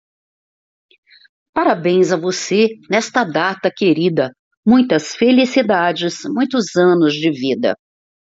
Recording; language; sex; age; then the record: short text; Brazilian Portuguese; female; 60 to 69 years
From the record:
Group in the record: control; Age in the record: 62 years